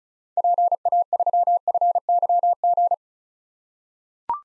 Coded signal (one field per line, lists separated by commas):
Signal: Morse code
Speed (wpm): 36 wpm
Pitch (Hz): 700 Hz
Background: none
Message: PA3FYG